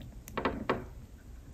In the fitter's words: you see I heard it click and pull out just like that